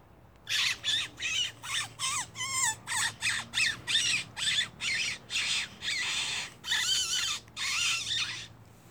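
Rabbit distress screams: a long series of shrill, raspy, quavering squeals repeated roughly every half second, some stretched and wobbling, with short gaps between them.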